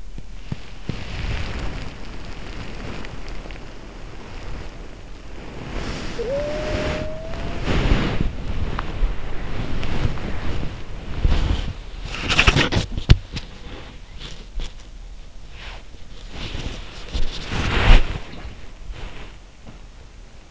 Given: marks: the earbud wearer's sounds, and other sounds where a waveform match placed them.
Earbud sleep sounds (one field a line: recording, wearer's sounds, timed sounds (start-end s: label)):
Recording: sounds in sleep by an in-ear microphone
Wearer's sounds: body movement, talking in sleep, teeth grinding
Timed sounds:
0.00-20.51 s: body movement
5.98-8.03 s: talking in sleep
8.70-9.05 s: teeth grinding